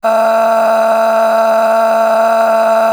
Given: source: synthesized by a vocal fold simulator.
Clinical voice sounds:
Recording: sustained vowel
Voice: female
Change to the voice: a random mix of aspiration noise, stiffness perturbation and strain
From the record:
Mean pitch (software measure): 224 Hz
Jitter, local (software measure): 2.17%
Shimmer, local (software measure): 12.1%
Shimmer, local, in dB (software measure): 1.06 dB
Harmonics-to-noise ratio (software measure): 11.5 dB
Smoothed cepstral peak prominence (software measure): 10.0 dB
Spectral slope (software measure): -19.6 dB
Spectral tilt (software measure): -8.5 dB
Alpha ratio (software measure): -10.1 dB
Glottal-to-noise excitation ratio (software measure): 0.797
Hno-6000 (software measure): 1.8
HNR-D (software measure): 33.9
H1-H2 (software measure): 0.8 dB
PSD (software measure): 8.7e-05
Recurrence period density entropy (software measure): 0.122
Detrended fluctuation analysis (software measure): 0.0133

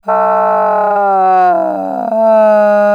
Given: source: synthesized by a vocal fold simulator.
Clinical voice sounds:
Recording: sustained vowel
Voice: female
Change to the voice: asymmetry, level 43 of 51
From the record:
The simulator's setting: 5.20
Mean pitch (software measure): 160 Hz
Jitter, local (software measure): 0.92%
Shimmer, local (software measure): 6.6%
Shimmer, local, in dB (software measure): 0.44 dB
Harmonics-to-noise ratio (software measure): 19.2 dB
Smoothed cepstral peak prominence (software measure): 14.5 dB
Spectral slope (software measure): -21.5 dB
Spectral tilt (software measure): -12.9 dB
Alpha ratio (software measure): -11.9 dB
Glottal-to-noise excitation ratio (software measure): 0.878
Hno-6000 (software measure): 2.4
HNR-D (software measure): 29.1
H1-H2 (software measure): 2.3 dB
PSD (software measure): 1.2e-03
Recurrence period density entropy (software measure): 0.123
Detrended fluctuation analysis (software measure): 0.0231

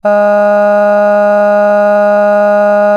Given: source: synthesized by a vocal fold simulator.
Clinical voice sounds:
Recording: sustained vowel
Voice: female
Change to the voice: cycle-to-cycle stiffness perturbation (roughness), level 2 of 10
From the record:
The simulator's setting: 0.96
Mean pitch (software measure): 206 Hz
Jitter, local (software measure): 0.48%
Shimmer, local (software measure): 3.4%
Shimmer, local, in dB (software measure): 0.29 dB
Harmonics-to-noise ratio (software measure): 25.6 dB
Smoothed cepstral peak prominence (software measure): 18.2 dB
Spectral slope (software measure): -21.9 dB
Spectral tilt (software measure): -9.3 dB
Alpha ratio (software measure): -12.4 dB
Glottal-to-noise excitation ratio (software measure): 0.974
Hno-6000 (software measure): 2.3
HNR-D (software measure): 38.5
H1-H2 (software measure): 8.7 dB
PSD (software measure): 2.4e-05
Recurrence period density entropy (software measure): 0.130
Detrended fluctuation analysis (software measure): 0.0275

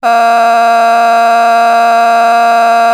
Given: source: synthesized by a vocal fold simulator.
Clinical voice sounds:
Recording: sustained vowel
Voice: female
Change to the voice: a random mix of aspiration noise, stiffness perturbation and strain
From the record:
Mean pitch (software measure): 232 Hz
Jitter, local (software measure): 1.16%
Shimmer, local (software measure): 4.1%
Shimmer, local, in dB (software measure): 0.36 dB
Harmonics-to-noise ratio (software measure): 17.5 dB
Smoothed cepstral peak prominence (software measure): 16.7 dB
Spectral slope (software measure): -17.6 dB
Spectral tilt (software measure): -8.1 dB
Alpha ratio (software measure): -8.1 dB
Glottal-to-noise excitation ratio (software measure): 0.964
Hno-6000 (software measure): 1.8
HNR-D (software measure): 36.8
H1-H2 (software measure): -3.8 dB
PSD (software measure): 5.8e-05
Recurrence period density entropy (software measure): 0.116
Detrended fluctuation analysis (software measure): 0.0092

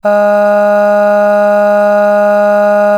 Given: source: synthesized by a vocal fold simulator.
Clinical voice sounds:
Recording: sustained vowel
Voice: female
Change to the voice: aspiration noise (breathiness), level 5 of 10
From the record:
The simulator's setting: 0.82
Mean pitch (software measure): 206 Hz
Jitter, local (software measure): 0.33%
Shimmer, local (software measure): 3.3%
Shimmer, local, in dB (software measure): 0.29 dB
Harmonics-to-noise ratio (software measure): 24.5 dB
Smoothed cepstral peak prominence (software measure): 16.0 dB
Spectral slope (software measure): -21.9 dB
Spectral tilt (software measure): -7.8 dB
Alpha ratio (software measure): -12.3 dB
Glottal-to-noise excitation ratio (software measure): 0.935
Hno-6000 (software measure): 2.2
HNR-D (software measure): 39.7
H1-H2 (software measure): 9.5 dB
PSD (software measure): 2.0e-05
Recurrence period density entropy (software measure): 0.122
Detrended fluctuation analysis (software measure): 0.0274

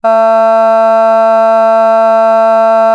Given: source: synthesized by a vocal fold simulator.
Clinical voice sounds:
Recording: sustained vowel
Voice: female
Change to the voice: vocal strain, level 3 of 10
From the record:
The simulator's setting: 0.22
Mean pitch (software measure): 224 Hz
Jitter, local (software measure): 0.18%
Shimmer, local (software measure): 0.8%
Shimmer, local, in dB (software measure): 0.07 dB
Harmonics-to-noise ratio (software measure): 34.4 dB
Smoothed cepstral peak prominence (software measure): 20.6 dB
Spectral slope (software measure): -20.6 dB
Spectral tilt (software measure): -8.4 dB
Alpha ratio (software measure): -11.1 dB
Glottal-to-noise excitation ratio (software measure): 0.992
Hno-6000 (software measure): 2.3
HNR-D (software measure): 41.3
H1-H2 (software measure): 4.4 dB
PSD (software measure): 9.4e-06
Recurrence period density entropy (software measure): 0.143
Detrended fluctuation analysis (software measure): 0.0121

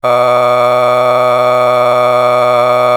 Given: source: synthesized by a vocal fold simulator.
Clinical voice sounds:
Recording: sustained vowel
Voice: male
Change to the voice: a random mix of aspiration noise, stiffness perturbation and strain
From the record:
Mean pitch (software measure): 123 Hz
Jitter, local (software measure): 1.23%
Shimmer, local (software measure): 7.7%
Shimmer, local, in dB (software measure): 0.68 dB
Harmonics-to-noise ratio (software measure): 13.9 dB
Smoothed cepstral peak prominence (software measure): 17.3 dB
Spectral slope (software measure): -14.1 dB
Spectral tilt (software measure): -9.8 dB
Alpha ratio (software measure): -4.6 dB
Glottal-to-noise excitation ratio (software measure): 0.956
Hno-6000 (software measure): 2.0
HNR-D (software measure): 27.8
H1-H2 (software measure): 1.2 dB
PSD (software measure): 1.1e-04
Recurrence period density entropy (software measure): 0.117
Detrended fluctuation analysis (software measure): 0.0310

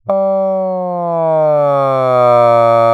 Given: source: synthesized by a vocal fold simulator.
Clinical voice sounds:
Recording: sustained vowel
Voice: male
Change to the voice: asymmetry, level 24 of 51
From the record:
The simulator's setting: 3.30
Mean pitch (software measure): 152 Hz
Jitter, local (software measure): 0.20%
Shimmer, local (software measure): 1.4%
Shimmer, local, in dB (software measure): 0.14 dB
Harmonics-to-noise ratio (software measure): 34.1 dB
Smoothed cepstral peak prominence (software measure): 23.3 dB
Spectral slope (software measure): -18.9 dB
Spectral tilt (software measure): -12.8 dB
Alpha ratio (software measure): -9.4 dB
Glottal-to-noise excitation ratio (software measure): 0.977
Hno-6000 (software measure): 2.8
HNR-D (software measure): 30.7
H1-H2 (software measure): 5.9 dB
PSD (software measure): 1.3e-03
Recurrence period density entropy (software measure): 0.110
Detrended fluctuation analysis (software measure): 0.0474

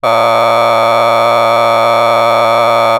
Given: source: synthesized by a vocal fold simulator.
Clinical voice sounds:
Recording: sustained vowel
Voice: male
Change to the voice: vocal strain, level 9 of 10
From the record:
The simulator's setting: 0.89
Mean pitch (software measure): 115 Hz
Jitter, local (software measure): 2.67%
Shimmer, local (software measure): 4.8%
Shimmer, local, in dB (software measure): 0.34 dB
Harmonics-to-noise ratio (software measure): 8.2 dB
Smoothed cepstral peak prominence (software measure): 16.0 dB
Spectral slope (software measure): -12.9 dB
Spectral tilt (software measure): -10.2 dB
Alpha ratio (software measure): -3.4 dB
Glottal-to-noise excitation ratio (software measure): 0.989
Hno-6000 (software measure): 1.9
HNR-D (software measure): 21.7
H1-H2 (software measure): 1.2 dB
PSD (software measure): 2.0e-04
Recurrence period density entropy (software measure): 0.126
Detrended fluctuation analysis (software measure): 0.0314

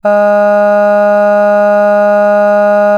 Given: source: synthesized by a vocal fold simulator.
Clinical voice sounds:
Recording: sustained vowel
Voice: female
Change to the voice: none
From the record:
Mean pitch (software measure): 206 Hz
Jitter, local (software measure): 0.20%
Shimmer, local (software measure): 1.6%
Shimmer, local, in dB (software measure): 0.14 dB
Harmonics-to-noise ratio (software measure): 31.6 dB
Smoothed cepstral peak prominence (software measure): 18.9 dB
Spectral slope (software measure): -21.9 dB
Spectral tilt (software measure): -8.6 dB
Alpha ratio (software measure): -12.4 dB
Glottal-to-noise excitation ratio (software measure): 0.974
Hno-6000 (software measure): 2.4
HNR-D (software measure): 40.0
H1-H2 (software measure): 9.5 dB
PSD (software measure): 1.9e-05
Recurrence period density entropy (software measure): 0.132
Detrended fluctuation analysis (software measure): 0.0274

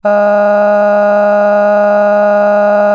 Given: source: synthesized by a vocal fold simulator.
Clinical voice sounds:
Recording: sustained vowel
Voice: female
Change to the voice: cycle-to-cycle stiffness perturbation (roughness), level 4 of 10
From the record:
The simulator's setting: 2.46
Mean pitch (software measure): 206 Hz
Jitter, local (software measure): 1.03%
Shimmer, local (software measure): 8.0%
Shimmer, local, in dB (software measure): 0.69 dB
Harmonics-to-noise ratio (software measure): 19.3 dB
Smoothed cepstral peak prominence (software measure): 17.2 dB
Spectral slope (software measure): -21.8 dB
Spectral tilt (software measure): -10.7 dB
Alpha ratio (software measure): -12.3 dB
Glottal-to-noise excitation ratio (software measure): 0.967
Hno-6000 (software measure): 2.3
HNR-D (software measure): 36.6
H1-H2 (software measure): 5.3 dB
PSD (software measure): 4.5e-05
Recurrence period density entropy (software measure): 0.121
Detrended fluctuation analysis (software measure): 0.0278

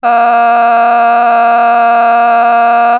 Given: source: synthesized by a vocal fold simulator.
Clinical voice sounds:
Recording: sustained vowel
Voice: female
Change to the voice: a random mix of aspiration noise, stiffness perturbation and strain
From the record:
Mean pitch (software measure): 235 Hz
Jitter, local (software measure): 1.29%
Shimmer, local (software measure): 6.9%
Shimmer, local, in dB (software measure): 0.60 dB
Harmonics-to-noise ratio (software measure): 17.5 dB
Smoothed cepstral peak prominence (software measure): 16.6 dB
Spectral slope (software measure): -17.9 dB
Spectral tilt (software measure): -8.9 dB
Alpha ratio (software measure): -8.4 dB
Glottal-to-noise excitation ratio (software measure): 0.956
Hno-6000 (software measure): 1.8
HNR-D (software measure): 34.1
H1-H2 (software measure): -3.8 dB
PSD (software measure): 6.5e-05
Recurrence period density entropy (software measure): 0.118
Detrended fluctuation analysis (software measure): 0.0105

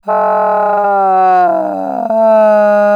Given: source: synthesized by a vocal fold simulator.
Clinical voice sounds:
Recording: sustained vowel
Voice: female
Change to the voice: asymmetry, level 40 of 51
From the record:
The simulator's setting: 4.90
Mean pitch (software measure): 197 Hz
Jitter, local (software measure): 0.78%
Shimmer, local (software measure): 5.2%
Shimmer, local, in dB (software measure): 0.56 dB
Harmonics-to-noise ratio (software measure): 20.8 dB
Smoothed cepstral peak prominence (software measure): 15.0 dB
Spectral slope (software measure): -22.5 dB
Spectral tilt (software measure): -12.8 dB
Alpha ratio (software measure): -12.9 dB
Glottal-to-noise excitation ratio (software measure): 0.884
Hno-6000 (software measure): 2.5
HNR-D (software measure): 29.4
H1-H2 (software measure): 1.3 dB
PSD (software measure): 1.3e-03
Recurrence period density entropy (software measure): 0.122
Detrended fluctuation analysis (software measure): 0.0223

